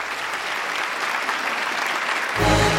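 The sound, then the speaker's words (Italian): A studio audience in the hall applauds steadily to give its judgment, measured by an applause meter presented by Enzo Tortora; a dense wash of many hands clapping at an even loudness, swelling slightly stronger near the end as a low rumble joins in. “Anche il pubblico in sala può esprimere il suo giudizio con uno strumento che all'epoca era una vera e propria novità, cioè l'applausometro, peraltro nome che gli dà Enzo Tortora, ed è proprio lui che lo presenta alla platea.”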